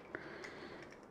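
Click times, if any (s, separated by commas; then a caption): 0.1 s. A plastic hairpiece is pushed into place on a Hot Toys The Batman Deluxe figure's head while the head is tilted forward. A single sharp tick is heard at 0.2 s, and the hairpiece seats.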